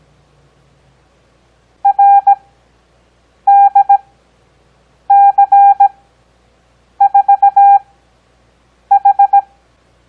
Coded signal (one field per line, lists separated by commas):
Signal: Morse code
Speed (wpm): 17 wpm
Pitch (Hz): 800 Hz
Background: none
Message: RDC4H